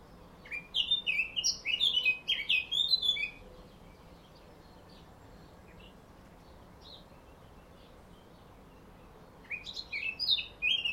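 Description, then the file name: Eurasian blackcap song: a three-second burst of rapid, bright warbled notes, a long quiet gap, then a new phrase begins. "Sylvia atricapilla"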